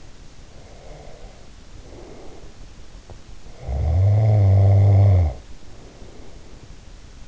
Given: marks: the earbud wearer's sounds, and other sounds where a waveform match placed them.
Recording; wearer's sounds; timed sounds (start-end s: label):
sounds in sleep by an in-ear microphone; breath, snoring breath
0.57-2.65 s: breath
3.43-7.28 s: snoring breath